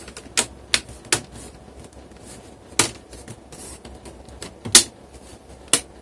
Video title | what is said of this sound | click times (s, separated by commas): HP 250 G6 Laptop - How to replace the screen | this should just click into place | 0.4 s, 0.7 s, 1.1 s, 2.8 s, 4.8 s, 5.7 s